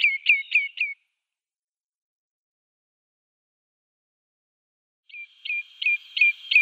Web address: Schulze Peter Common Redshank display